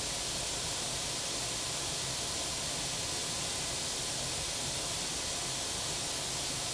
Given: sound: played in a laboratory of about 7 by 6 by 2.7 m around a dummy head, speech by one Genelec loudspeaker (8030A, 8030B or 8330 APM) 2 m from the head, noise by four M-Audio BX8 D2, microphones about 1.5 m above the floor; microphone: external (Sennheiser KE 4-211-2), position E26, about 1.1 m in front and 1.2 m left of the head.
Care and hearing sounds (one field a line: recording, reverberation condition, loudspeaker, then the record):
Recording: white noise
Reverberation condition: low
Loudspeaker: four, about 170 cm from the corners of the room and facing them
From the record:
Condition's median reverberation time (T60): about 310 ms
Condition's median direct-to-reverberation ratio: about 3.5 dB